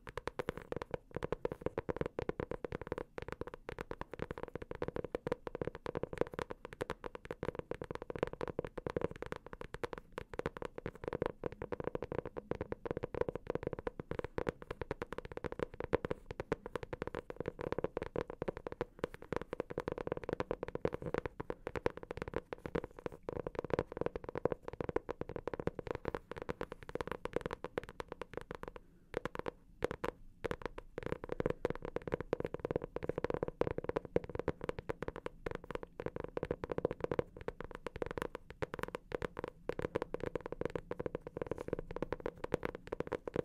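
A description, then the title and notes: Dense, rapid tapping runs steadily throughout, with soft low-mid knocks, a brief thinning near thirty seconds, then continuing unchanged. ASMR Dark & Relaxing Tapping For Sleep (No Talking).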